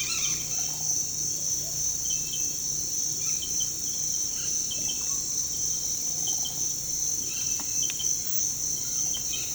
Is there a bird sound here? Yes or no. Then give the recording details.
yes. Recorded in pastures near Puerto Asís, Putumayo, Colombia, on 18 December 2024 at 06:00. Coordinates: 0.466, -76.322. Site G040